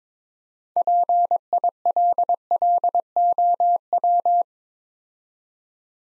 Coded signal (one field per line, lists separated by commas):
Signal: Morse code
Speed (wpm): 22 wpm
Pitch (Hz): 700 Hz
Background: none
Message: PILLOW